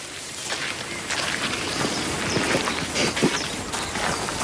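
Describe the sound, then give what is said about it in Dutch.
Soft, crunching footsteps of people walking quietly along a path at an unhurried pace toward where wolves were heard howling in the Netherlands, a few firmer steps standing out against a steady hiss of outdoor background noise. No one speaks. “Laten we heel rustig zo over het pad zo wat verder lopen.”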